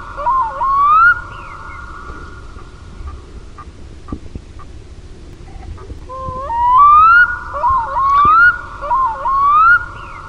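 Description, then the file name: Black-throated loon's clear upslurred wailing notes, a brief sequence at the start, a quiet stretch of about five seconds, then a repeated run of rising whistled phrases. "KUIKKA"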